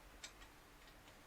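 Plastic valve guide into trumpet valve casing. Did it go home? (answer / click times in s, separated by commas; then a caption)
yes / 0.2 s. A plastic valve guide on a trumpet piston is fitted into the valve casing and clicks into place with a sharp, bright click at 0.2 s, followed by a fainter tick around 0.4 s. The guide is seated, confirmed by the click.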